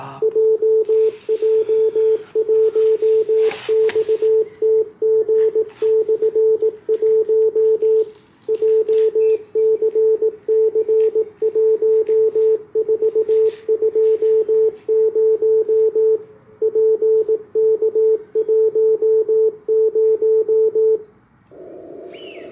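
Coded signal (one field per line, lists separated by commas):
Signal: Morse code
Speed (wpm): 18 wpm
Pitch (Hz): 440 Hz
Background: radio noise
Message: JJ1XTG/1 JCC1420 PK10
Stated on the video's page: Portable operation in Morse from Dōhō Park, Tsukuba, with an IC-705.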